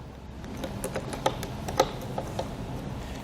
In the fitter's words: when it's nice and tight you'll hear a couple clicks in the included tool make sure that